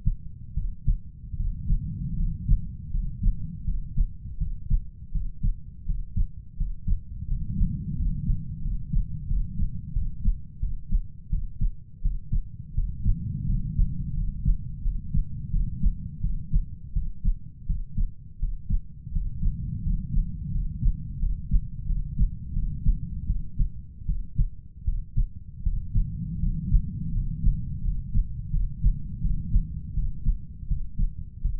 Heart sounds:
heart sounds by stethoscope; 84 bpm
0.54 s: heartbeat
1.37 s: heartbeat
2.16 s: heartbeat
2.91 s: heartbeat
3.65 s: heartbeat
4.38 s: heartbeat
5.12 s: heartbeat
5.86 s: heartbeat
6.57 s: heartbeat
7.28 s: heartbeat
7.96 s: heartbeat
8.62 s: heartbeat
9.28 s: heartbeat
9.93 s: heartbeat
10.60 s: heartbeat
11.30 s: heartbeat
12.02 s: heartbeat
12.74 s: heartbeat
13.46 s: heartbeat
14.14 s: heartbeat
14.82 s: heartbeat
15.51 s: heartbeat
16.21 s: heartbeat
16.93 s: heartbeat
17.66 s: heartbeat
18.39 s: heartbeat
19.12 s: heartbeat
19.83 s: heartbeat
20.52 s: heartbeat
21.19 s: heartbeat
21.86 s: heartbeat
22.54 s: heartbeat
23.27 s: heartbeat
24.06 s: heartbeat
24.85 s: heartbeat
25.63 s: heartbeat
26.40 s: heartbeat
27.12 s: heartbeat
27.82 s: heartbeat
28.51 s: heartbeat
29.21 s: heartbeat
29.94 s: heartbeat
30.68 s: heartbeat
31.41 s: heartbeat
From the record:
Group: healthy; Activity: cold pressor test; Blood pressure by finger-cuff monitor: 118/77 mmHg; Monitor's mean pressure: 93 mmHg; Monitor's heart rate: 83 bpm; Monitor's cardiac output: 7.2 L/min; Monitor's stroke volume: 86 mL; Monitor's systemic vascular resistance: 930 dyn s/cm5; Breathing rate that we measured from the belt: 9 breaths a minute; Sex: male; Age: 33 years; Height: 179 cm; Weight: 80.4 kg

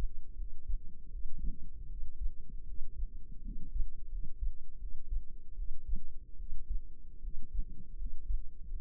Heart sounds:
heart sounds by microphone in the left ear; 79 bpm
0.35 s: heartbeat
1.09 s: heartbeat
1.87 s: heartbeat
2.64 s: heartbeat
3.41 s: heartbeat
4.08 s: heartbeat
4.77 s: heartbeat
5.54 s: heartbeat
6.36 s: heartbeat
7.20 s: heartbeat
7.95 s: heartbeat
8.67 s: heartbeat
From the record:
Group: healthy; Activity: cold pressor test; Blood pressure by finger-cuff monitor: 102/72 mmHg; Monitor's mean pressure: 84 mmHg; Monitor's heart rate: 78 bpm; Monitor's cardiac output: 5.6 L/min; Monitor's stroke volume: 69 mL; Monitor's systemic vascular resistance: 1080 dyn s/cm5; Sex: male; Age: 20 years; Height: 167 cm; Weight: 61 kg

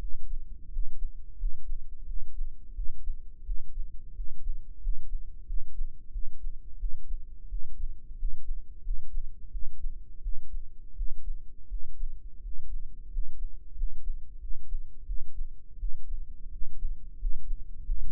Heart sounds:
heart sounds by microphone in the right ear; 88 bpm
0.68 s: heartbeat
1.36 s: heartbeat
2.04 s: heartbeat
2.73 s: heartbeat
3.43 s: heartbeat
4.13 s: heartbeat
4.79 s: heartbeat
5.44 s: heartbeat
6.10 s: heartbeat
6.77 s: heartbeat
7.47 s: heartbeat
8.15 s: heartbeat
8.81 s: heartbeat
9.49 s: heartbeat
10.20 s: heartbeat
10.94 s: heartbeat
11.67 s: heartbeat
12.40 s: heartbeat
13.08 s: heartbeat
13.73 s: heartbeat
14.38 s: heartbeat
15.04 s: heartbeat
15.77 s: heartbeat
16.48 s: heartbeat
17.17 s: heartbeat
17.82 s: heartbeat
From the record:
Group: healthy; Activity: rest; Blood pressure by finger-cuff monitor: 127/90 mmHg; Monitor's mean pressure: 101 mmHg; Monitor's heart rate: 86 bpm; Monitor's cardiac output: 6.5 L/min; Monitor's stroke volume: 74 mL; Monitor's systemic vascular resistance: 1170 dyn s/cm5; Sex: male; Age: 21 years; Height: 180 cm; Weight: 67.5 kg

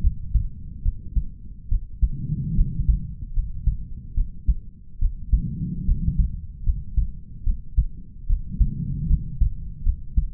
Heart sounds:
heart sounds by stethoscope; 73 bpm
0.01 s: heartbeat
0.83 s: heartbeat
1.69 s: heartbeat
2.55 s: heartbeat
3.34 s: heartbeat
4.15 s: heartbeat
4.99 s: heartbeat
5.86 s: heartbeat
6.64 s: heartbeat
7.44 s: heartbeat
8.27 s: heartbeat
9.08 s: heartbeat
9.84 s: heartbeat
From the record:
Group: healthy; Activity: rest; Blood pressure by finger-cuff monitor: 97/73 mmHg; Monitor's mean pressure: 80 mmHg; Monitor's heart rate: 73 bpm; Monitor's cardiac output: 5.2 L/min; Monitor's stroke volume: 73 mL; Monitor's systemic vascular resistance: 1120 dyn s/cm5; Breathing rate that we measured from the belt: 20 breaths a minute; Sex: male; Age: 20 years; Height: 187 cm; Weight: 68.9 kg

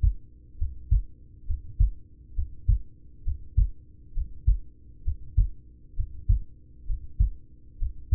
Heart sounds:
heart sounds by stethoscope; 67 bpm
0.55 s: heartbeat
1.43 s: heartbeat
2.32 s: heartbeat
3.21 s: heartbeat
4.11 s: heartbeat
5.01 s: heartbeat
5.92 s: heartbeat
6.83 s: heartbeat
7.75 s: heartbeat
From the record:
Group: heart failure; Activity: breath hold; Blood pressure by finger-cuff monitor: 82/55 mmHg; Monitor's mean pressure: 62 mmHg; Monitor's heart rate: 67 bpm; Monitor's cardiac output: 4.8 L/min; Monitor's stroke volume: 71 mL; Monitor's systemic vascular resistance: 880 dyn s/cm5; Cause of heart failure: ischemic heart disease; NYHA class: 1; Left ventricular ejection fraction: 33%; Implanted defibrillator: present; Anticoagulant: apixaban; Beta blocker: carvedilol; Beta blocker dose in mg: 18.75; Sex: male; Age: 39 years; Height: 168 cm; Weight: 72 kg

